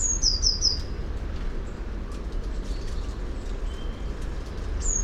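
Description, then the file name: Eurasian blue tit giving one quick phrase of high notes and a short trill at the start, then another phrase beginning at the end, amid low rumbling noise. "Cyanistes caeruleus"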